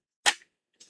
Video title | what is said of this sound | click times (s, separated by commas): PS2/PS2 Slim Review With F.W.B | and you would close it back up. Nice little clickety clicker. | 0.8 s